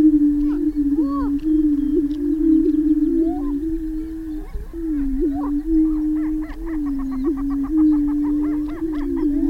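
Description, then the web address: Greater prairie chicken chorus: a continuous low moaning boom with scattered upslurred whoops, growing into rapid cackling toward the end. "Laura's Natural Sounds Greater Prairie Chicken"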